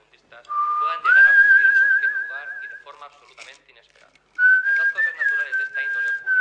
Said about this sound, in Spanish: Silbido.